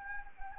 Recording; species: mosquito wingbeat signal from an infrared sensor; Anopheles arabiensis